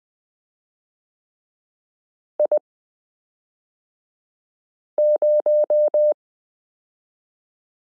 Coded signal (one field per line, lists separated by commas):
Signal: Morse code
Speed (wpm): 20 wpm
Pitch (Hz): 600 Hz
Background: none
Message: I 0